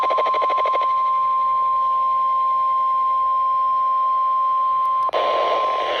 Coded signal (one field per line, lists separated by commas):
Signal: Emergency Alert System (SAME) tones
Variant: 1050 Hz attention tone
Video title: What a way to start off July - EAS Alerts From 07/01/21 - EAS 262-288